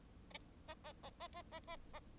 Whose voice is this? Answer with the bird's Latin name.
Lonchura striata domestica